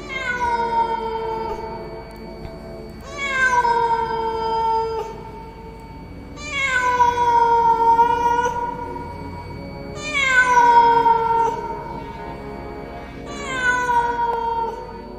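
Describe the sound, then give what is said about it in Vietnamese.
A cat yowls mournfully at night in long, drawn-out wails, about five of them in a slow rhythm, each rising then sagging in pitch with rich harmonics over a faint background hiss. “Bất thình lình ở phía sau lưng tôi vang lên một tiếng mèo kêu thảm não, lạnh người trong đêm tối.”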